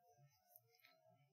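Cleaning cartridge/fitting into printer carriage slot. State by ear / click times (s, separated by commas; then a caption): seated / 0.6 s. A water-filled cleaning cartridge fitting is pushed into its slot in a printer carriage during printhead cleaning and locked in place. It clicks home at 0.6 s with a sharp, bright snap over a low background hum, and it seats with a very tight seal, ready for a syringe to draw the water back.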